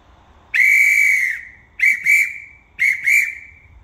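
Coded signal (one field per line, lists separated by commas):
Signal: whistle signal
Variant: crane whistle signal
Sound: a shrill whistle: one long blast, then four short blasts in two quick pairs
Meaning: One long and four short tells the crane operator to retract, to suck it back in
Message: 1 long, 4 short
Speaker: because we're blowing one long and four short once again we're going to pair the four together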